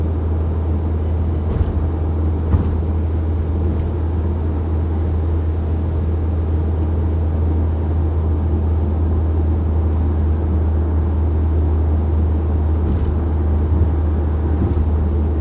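An old car cruises along a highway at night, heard as a steady, heavy low engine and road drone that holds even throughout. A dense rumble of tire noise sits above it, and a few faint rattles or ticks break through around 2, 4, 7 and 13 seconds.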